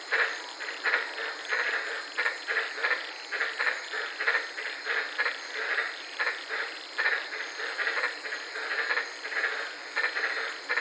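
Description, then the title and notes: White-lipped tree frogs calling, short barking notes repeated rapidly in uneven bursts from several animals, over a steady high insect hum. Several frogs calling at night in the Daintree rainforest, Queensland, recorded from inside a car. "White Lipped Frog Podcast. I was sitting in my car in the Daintree rainforest in Queensland this night and fell asleep listening to these amazing White lipped frogs"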